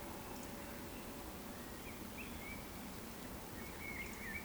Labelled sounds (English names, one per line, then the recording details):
Eurasian Woodcock whistle
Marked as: whistle, whistle
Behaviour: display flight
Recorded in Baden-Württemberg, Germany, on 15 June 2020 at 19:28 UTC
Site 14569, 102 m above sea level